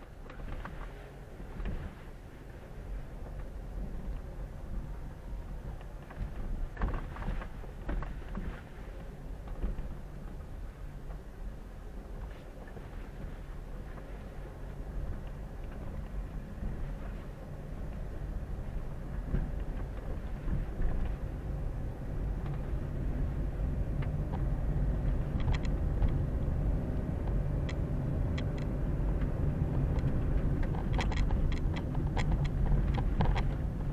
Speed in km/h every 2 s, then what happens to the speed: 7, 9, 9, 9, 8, 8, 8, 10, 10, 11, 14, 19, 23, 25, 27, 27, 22.
0-18 steady at about 9. 18-28 speeds up to 27.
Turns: none.